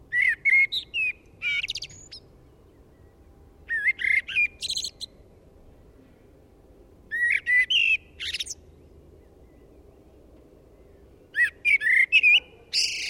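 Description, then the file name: Common blackbird singing four separate phrases a few seconds apart, each starting with rich, fluty whistles and ending in a high, scratchy twitter, with silence between phrases. "Turdus merula"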